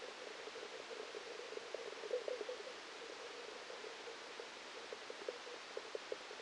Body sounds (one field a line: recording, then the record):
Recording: brain microelectrode recording played as sound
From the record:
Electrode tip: outside the subthalamic nucleus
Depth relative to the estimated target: -5 mm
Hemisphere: left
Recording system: NeuroSet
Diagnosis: Parkinson's disease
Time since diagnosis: 8 years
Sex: male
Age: 37 years